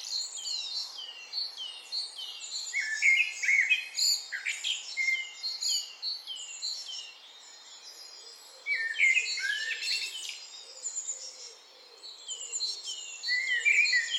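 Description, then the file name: Eurasian blackbird singing several rich whistled phrases amid a constant background chorus of high-pitched songbirds. "Turdus merula"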